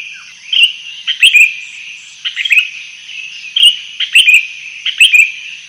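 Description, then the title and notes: Sooty-headed bulbul song of short, bubbly phrases repeated in bursts over a steady high-pitched insect-like hum. Singing lively and persistently (gacor). "kutilang gacor"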